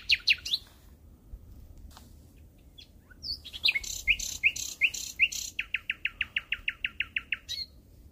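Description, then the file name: Common nightingale song: quick rising notes, varied phrases, then a fast even series of repeated clicky notes near the end. "Nachtegaal"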